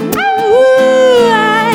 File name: Coyote